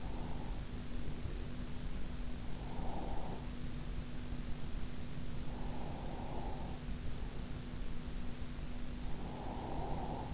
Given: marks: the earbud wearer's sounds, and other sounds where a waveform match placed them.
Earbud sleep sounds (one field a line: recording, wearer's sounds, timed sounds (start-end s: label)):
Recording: sounds in sleep by an in-ear microphone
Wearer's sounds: breath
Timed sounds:
0.00-1.57 s: breath
2.60-3.45 s: breath
5.53-7.77 s: breath
9.19-10.34 s: breath